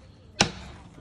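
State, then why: Seated. A support bar on an already assembled 4moms mamaRoo sleep bassinet stand is pushed after the stand is unfolded, and snaps into place in the frame. A single sharp, loud click is heard at 0.4 s, followed by quiet. The bar locks into place.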